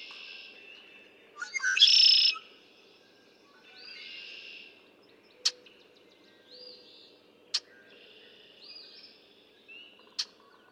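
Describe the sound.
Red-winged blackbird song, a stuttered intro and ringing buzzy trill near two seconds, then quieter whistles and three sharp clicks.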